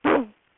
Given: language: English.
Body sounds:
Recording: throat vibration sensor signal played as sound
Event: throat clearing

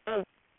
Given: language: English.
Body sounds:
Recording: throat vibration sensor signal played as sound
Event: speech

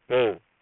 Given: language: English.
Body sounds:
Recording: throat vibration sensor signal played as sound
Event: speech

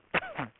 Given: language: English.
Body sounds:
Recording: throat vibration sensor signal played as sound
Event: cough

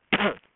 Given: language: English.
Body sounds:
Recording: throat vibration sensor signal played as sound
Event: cough

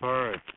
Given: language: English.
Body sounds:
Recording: throat vibration sensor signal played as sound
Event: speech

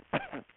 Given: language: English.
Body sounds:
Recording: throat vibration sensor signal played as sound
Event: cough

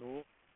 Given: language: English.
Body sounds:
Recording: throat vibration sensor signal played as sound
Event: speech

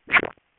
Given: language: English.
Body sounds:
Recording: throat vibration sensor signal played as sound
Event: swallow

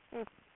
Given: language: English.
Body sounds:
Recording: throat vibration sensor signal played as sound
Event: speech

